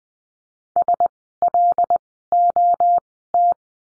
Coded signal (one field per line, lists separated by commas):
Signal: Morse code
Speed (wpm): 20 wpm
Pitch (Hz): 700 Hz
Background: none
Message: SLOT